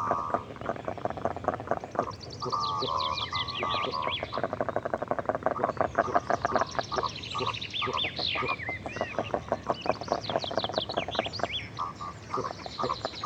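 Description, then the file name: Goosander calls as dense, rapid runs of harsh pulsed notes, almost continuous throughout. Goosander recorded close up. "Digiffects Sound Effects Library - Close Goosander Bird Version 2"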